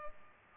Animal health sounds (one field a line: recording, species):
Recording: mosquito wingbeat signal from an infrared sensor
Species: Culex pipiens